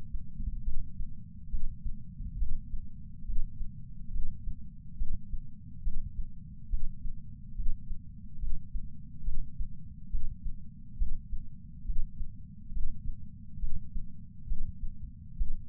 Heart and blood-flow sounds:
heart sounds by patch sensor on the chest; 69 bpm
0.64 s: heartbeat
1.50 s: heartbeat
2.38 s: heartbeat
3.26 s: heartbeat
4.12 s: heartbeat
4.98 s: heartbeat
5.83 s: heartbeat
6.70 s: heartbeat
7.55 s: heartbeat
8.40 s: heartbeat
9.24 s: heartbeat
10.11 s: heartbeat
10.98 s: heartbeat
11.86 s: heartbeat
12.73 s: heartbeat
13.60 s: heartbeat
14.48 s: heartbeat
15.37 s: heartbeat
From the record:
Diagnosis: coronary artery disease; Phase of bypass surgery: preoperative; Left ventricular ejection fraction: 65.2%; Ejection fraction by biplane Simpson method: 56.6%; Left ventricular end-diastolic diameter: 45 mm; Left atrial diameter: 34 mm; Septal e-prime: 5.7 cm/s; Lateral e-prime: 8.2 cm/s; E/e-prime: 7.6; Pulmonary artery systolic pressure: 21 mmHg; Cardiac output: 6.8 L/min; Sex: male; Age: 69 years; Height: 174 cm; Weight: 79 kg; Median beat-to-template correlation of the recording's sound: 0.95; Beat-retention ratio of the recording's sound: 0.99

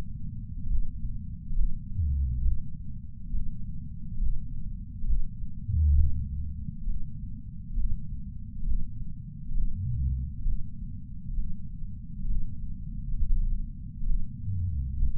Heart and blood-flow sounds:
heart sounds by patch sensor on the chest; 67 bpm
0.68 s: heartbeat
1.55 s: heartbeat
2.43 s: heartbeat
3.32 s: heartbeat
4.20 s: heartbeat
5.06 s: heartbeat
5.96 s: heartbeat
6.86 s: heartbeat
7.76 s: heartbeat
8.65 s: heartbeat
9.54 s: heartbeat
10.44 s: heartbeat
11.36 s: heartbeat
12.27 s: heartbeat
13.16 s: heartbeat
14.06 s: heartbeat
14.99 s: heartbeat
From the record:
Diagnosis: coronary artery disease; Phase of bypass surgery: preoperative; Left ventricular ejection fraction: 61.9%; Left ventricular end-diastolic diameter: 48 mm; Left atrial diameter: 36 mm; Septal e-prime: 9.5 cm/s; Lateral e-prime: 18.5 cm/s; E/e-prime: 6.6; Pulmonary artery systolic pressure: 30 mmHg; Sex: male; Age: 59 years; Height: 175 cm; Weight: 76 kg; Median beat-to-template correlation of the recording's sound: 0.85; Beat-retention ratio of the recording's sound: 0.99

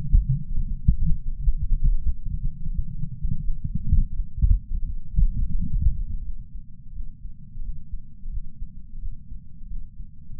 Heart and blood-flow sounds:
heart sounds by patch sensor on the chest; 86 bpm
0.63 s: heartbeat
1.32 s: heartbeat
2.02 s: heartbeat
2.72 s: heartbeat
3.42 s: heartbeat
4.13 s: heartbeat
4.82 s: heartbeat
5.53 s: heartbeat
6.23 s: heartbeat
6.93 s: heartbeat
7.61 s: heartbeat
8.30 s: heartbeat
8.99 s: heartbeat
9.68 s: heartbeat
10.36 s: heartbeat
From the record:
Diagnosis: coronary artery disease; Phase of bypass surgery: postoperative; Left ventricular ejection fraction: 48.9%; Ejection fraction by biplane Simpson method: 50.6%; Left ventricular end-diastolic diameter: 48 mm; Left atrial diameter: 31 mm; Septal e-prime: 7.6 cm/s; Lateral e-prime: 9.6 cm/s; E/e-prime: 6.6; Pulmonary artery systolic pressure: 23 mmHg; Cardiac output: 5.5 L/min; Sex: male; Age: 60 years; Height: 174 cm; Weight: 72 kg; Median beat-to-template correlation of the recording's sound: 0.83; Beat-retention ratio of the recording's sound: 0.99

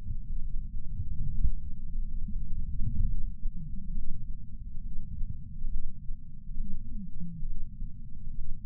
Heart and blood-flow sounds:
heart sounds by patch sensor on the chest; 68 bpm
0.40 s: heartbeat
1.30 s: heartbeat
2.18 s: heartbeat
3.06 s: heartbeat
3.93 s: heartbeat
4.82 s: heartbeat
5.69 s: heartbeat
6.56 s: heartbeat
7.46 s: heartbeat
8.34 s: heartbeat
From the record:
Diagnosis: coronary artery disease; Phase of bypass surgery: preoperative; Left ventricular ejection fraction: 52.3%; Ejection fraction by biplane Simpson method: 38%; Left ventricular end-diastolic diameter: 62 mm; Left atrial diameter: 45 mm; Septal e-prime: 4 cm/s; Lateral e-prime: 7 cm/s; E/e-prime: 12.2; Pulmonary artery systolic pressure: 24 mmHg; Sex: male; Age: 61 years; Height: 174 cm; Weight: 80 kg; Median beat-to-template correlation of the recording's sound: 0.91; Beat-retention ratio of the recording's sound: 0.97

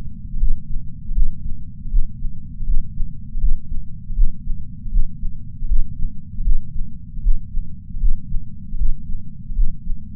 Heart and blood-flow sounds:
heart sounds by patch sensor on the chest; 79 bpm
0.35 s: heartbeat
1.10 s: heartbeat
1.86 s: heartbeat
2.62 s: heartbeat
3.36 s: heartbeat
4.11 s: heartbeat
4.87 s: heartbeat
5.64 s: heartbeat
6.40 s: heartbeat
7.18 s: heartbeat
7.96 s: heartbeat
8.74 s: heartbeat
9.51 s: heartbeat
From the record:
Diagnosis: coronary artery disease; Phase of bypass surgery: intraoperative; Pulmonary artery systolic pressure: 21 mmHg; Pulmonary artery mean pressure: 15 mmHg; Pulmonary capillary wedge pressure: 10 mmHg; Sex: male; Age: 65 years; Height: 170 cm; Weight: 65 kg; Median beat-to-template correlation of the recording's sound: 0.94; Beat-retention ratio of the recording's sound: 0.99

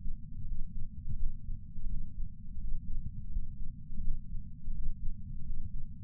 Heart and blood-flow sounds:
heart sounds by patch sensor on the chest; 84 bpm
0.44 s: heartbeat
1.16 s: heartbeat
1.87 s: heartbeat
2.57 s: heartbeat
3.29 s: heartbeat
4.01 s: heartbeat
4.72 s: heartbeat
5.43 s: heartbeat
From the record:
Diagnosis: coronary artery disease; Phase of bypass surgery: postoperative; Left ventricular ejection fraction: 60.1%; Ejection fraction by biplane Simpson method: 55.9%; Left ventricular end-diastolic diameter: 44 mm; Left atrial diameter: 30 mm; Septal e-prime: 4.8 cm/s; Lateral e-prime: 11.2 cm/s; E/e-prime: 10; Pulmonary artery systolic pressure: 23 mmHg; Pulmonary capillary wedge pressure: 10 mmHg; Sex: male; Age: 75 years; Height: 167 cm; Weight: 58 kg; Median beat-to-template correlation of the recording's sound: 0.77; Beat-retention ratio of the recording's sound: 1.00

